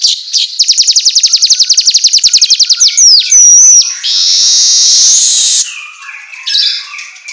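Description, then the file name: Asian golden weaver song: a rapid, even rattle of ticks, a brief whistle, then a drawn-out hissing buzz; faint chirping after. Intended for training songbirds, in the Indonesian 'auto gacor' style of vigorous, nonstop chirping. "Suara Kicau Manyar Kepala Emas Auto Gacor"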